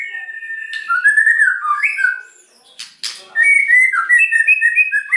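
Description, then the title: White-rumped shama: liquid whistled phrases that wobble up and down, a brief pause broken by a click, then a string of quick bright notes. White-rumped shama singing energetically (gacor), used as a lure (pancingan) to provoke a response from other birds. "PANCINGAN MEWAH MURAI BATU GACOR"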